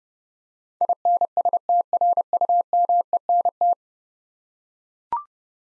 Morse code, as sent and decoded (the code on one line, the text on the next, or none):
.. -. ... - .-. ..- -- . -. -
INSTRUMENT